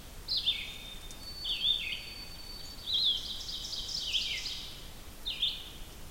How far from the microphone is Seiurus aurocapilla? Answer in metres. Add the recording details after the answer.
about 65 m. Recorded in boreal forest in Alberta, Canada, on 2 June 2016 at 06:13. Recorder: SongMeter 3, array SBT-3-7. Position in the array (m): 49 m, 148 m. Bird 4